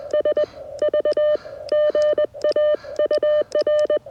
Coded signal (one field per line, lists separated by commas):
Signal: Morse code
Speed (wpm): 20 wpm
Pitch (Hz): 1800 Hz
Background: none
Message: SV GA UR